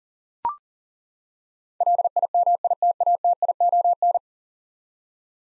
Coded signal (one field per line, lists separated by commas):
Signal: Morse code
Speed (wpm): 40 wpm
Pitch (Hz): 700 Hz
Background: none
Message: LIMITATION